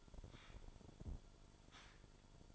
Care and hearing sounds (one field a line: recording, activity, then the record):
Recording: daily activity, microphone in the room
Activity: take from stove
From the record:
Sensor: 5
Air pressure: 1008.0 hPa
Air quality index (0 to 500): 109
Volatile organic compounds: 1 ppm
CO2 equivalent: 847 ppm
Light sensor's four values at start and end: 29/62/26/27 and 29/63/27/27